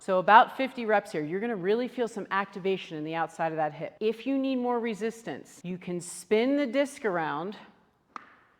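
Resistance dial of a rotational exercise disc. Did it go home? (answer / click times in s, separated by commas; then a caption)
yes / 8.2 s. Someone talks for most of the clip, then spins the rotating resistance disc of a twist-disc exercise tool around until its dial clicks into the maximum-resistance setting. The sharp click is heard at 8.2 seconds after the talking stops, and the dial is seated at max resistance.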